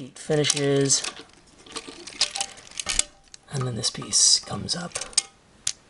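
Someone talks while transforming a plastic Megatron Dark of the Moon Voyager Class action figure, cosmic rust edition, with small handling clicks along the way. A piece is swung up and snaps into its locked position in the figure body with a single sharp click at 5.7 s, and it is seated.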